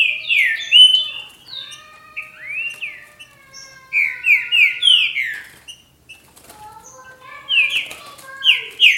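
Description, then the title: Green-winged saltator singing bursts of rich, downslurred whistles, separated by quieter gaps with softer notes. "Trinca Ferro"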